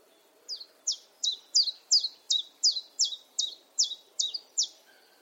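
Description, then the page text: Common chiffchaff song: a steady series of about a dozen sharp, high, down-slurred notes, roughly three per second, over quiet background hiss. "Jerome Fischer - Пеночка-теньковка Common Chiffchaff (Phylloscopus collybita)"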